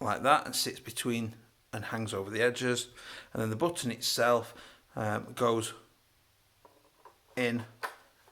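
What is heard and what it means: Someone talks while handling the push-through selector button of an Army KU906 AUG CQB airsoft rifle, which is being pressed into the lower receiver over its metal retaining plate. Two faint, brief sounds come at about 6.7 and 7.1 seconds during a pause. The clip ends before the button goes home, so nothing has seated or clicked yet.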